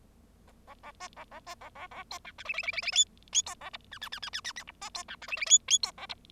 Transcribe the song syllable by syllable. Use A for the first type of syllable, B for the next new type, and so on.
A A A B A A B A A A C D E F F F F F G G C A H I I I I I I I H B C D E F F G G C A H